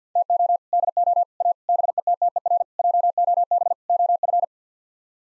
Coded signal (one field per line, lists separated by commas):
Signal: Morse code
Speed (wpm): 50 wpm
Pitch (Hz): 700 Hz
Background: none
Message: TO DO A BETTER JOB OF